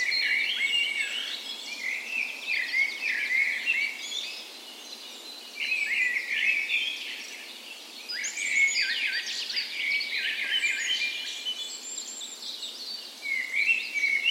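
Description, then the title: Several birds singing at once, a busy tangle of sharp chirps, short whistles and rapid trills, with a couple of quieter stretches between louder bursts. Dawn chorus on the morning of 17 May, Norway's National Day, in spring, in a park west in Bergen, Norway; recorded with Sony PCM A10 and LOM Usi microphones as tree ears. "17th Of May Dawn Chorus"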